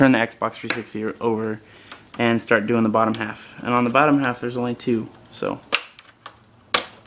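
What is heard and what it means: Someone talks while an Xbox 360 game console, turned over to work on the bottom half, has one of the two plastic clips holding the back casing on its bottom half released. A few faint ticks come just before a sharp click at 6.8 seconds, as the bottom case clip clicks open and lets go.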